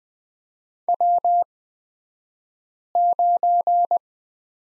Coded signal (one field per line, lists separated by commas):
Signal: Morse code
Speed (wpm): 20 wpm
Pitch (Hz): 700 Hz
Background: none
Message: W9